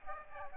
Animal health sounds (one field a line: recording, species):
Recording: mosquito wingbeat signal from an infrared sensor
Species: Aedes aegypti